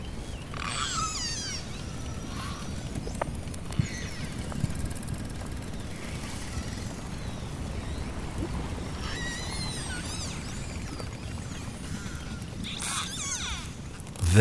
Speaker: This is a pod of orca hunting with their echolocation pulses and contact calls.